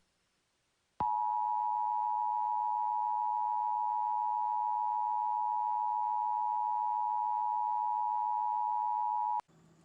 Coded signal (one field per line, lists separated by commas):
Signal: Emergency Alert System (SAME) tones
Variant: 853 and 960 Hz attention tone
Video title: EAS Scenario #9: Mickey Error 6 Its Not Over Yet